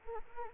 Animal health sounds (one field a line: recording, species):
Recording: mosquito wingbeat signal from an infrared sensor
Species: Anopheles arabiensis